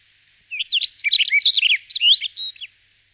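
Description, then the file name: Rustic bunting singing one brief, sweet, tumbling warble of quick high notes lasting about two seconds, with silence before and after. "Canto da escrevedeira rustica"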